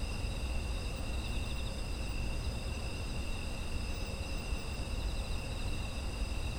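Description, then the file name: Insects trilling together in a constant high shimmer of stacked tones, with a dull low noise bed throughout. Ambient sound of autumn insects. "秋の虫の環境音"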